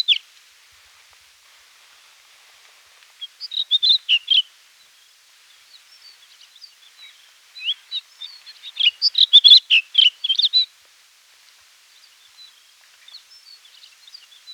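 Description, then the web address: Güldenstädt's redstart song: high, thin twittering phrases of quick notes in two main bursts, with softer scattered notes between and after. "guldenstadts redstart song"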